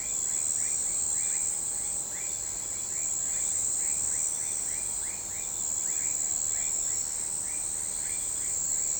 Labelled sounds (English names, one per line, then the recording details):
none
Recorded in shrubland near Pivijay, Magdalena, Colombia, on 14 April 2023 at 03:00
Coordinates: 10.453, -74.365
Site P5-G022